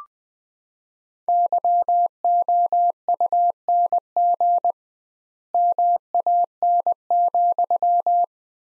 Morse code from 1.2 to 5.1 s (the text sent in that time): YOUNG